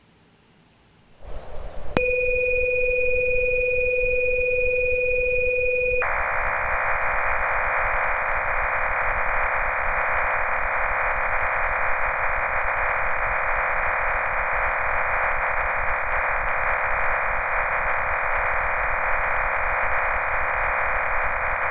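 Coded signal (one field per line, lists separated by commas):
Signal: MT63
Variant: MT63-2000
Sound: click, four seconds of two steady tones, then a long wide steady hiss-like warble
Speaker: when you're finished click on the Autos send button and FL Digi prompts you to save the message and then automatically starts transmitting the message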